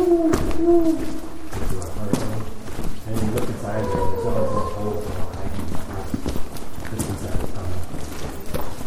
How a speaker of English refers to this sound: Yeah, and also they swoop out like bats. They're just pigeons.